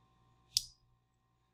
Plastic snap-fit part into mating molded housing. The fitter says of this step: it clicks in place and it's done and you don't have to use a